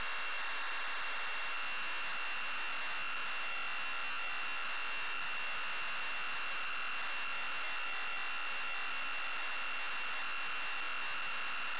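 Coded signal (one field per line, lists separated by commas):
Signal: computer data on cassette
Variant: Amstrad CPC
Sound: harsh continuous buzzing screech with a steady high whine and rapid warbling underneath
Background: tape hiss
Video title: Camelot Warriors (Amstrad CPC) - Full tape loading sequence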